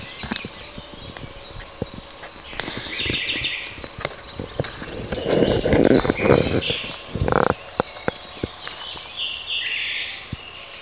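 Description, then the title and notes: Common nightingale singing varied phrases, including rapid stacked repeated notes, interrupted by loud knocking and rustling thumps midway. Recorded in June 2003 in Parco del Roccolo park, Parabiago. "usignolo al parco del Roccolo (giugno 2003)"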